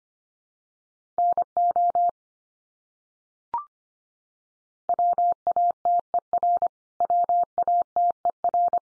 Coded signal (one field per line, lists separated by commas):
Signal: Morse code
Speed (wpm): 25 wpm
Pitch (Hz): 700 Hz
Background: none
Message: NO WATER WATER